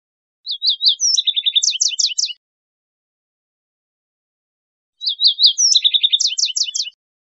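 Yellow-eyed junco song given twice, about four and a half seconds apart, with brief sharp opening notes followed by a chattering trill and rapid slurred sweeps.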